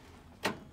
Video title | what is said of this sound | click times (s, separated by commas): Saw Stop Demo at Acme Tool 4-17-18. How to replace Cartridge and Hot Dog stopping blade! | hear that click into place there | 0.4 s